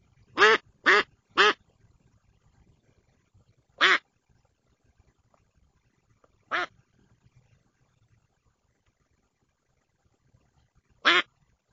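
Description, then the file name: Duck quacking in a harsh, nasal voice: three fast quacks together, then single quacks spaced several seconds apart, six in all, against a quiet background. "Утка"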